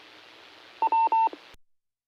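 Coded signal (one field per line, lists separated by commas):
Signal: none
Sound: repeater courtesy tone beeps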